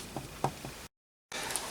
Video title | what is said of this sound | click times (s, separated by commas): MOHOO 3.6V USB Cordless Screwdriver, Electronic Chuck Key, Socket Drive | actually locks in place in both position so you have to press the button again to turn | 0.4 s